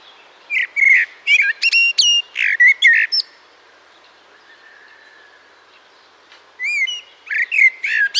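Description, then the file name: Eurasian blackbird song: a phrase of rich fluted notes and high squeaky chirps, a few seconds of near silence with a faint drawn-out tone, then another fluted phrase. "Turdus merula"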